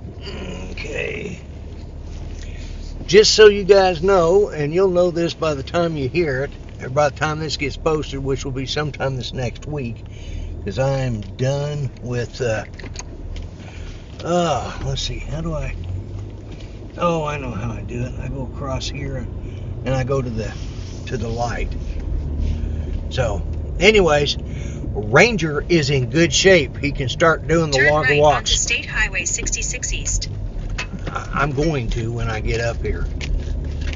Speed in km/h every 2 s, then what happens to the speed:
0, 2, 0, 2, 2, 0, 0, 3, 8, 11, 16, 19, 21, 16, 13, 13, 16.
0-13 standing. 13-23 pulls away to 21. 23-28 slows to 13. 28-34 steady at about 13.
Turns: 15-18.